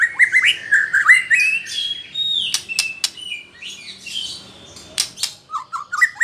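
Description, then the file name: White-rumped shama singing a fast run of slurred whistles that climb in pitch, broken by hard clicks and scratchy notes, then short repeated whistled notes at the end. Female bird. "murai batu betina"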